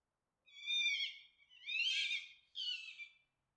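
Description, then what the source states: Fox calling with three harsh, harmonic screams in quick succession, the middle one rasping, the last shorter. Mating call.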